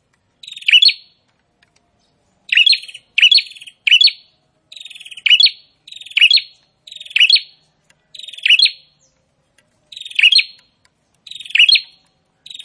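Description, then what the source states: Prinia song: loud buzzy rattles with sharp chips, sometimes in quick doubled or tripled bursts, otherwise spaced a second or more apart, clean background. Prinia singing actively (gacor), presented to make listeners' own prinias more aggressive and vocal.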